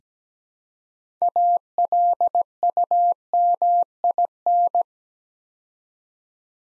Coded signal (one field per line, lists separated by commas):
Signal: Morse code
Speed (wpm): 17 wpm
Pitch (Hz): 700 Hz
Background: none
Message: ALUMIN